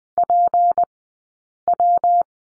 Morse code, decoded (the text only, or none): PW